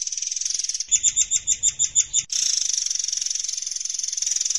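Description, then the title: Oriental magpie-robin song: a high buzzy trill, then a run of about eight sharp, evenly spaced high notes, then a long continuous buzzy trill held at a high pitch. "Kicau Kacer"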